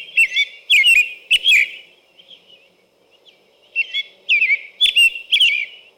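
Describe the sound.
American robin singing whistled caroling phrases, a few soft notes and a pause, then another lively run of rising and falling whistles.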